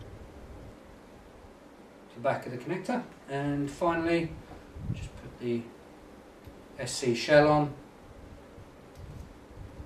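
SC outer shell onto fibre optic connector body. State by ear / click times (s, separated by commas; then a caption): not seated / none. Someone talks while handling a plastic SC outer shell and a terminated Corning Unicam single-mode fibre optic connector body, with the boot brought back up to the back of the connector, amid faint rustling. The shell is about to be pushed on, but nothing has clicked or seated yet.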